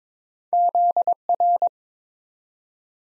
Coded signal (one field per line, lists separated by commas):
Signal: Morse code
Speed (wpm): 21 wpm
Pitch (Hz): 700 Hz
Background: none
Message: ZR